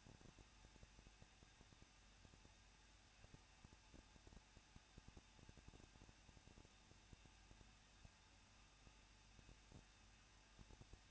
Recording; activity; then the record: daily activity, microphone in the room; no activity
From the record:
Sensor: 2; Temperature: 21.0 degrees Celsius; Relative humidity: 37.3%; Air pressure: 1006.4 hPa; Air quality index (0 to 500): 220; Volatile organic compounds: 23 ppm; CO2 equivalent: 2783 ppm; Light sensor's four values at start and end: 2/3/2/2 and 2/3/2/2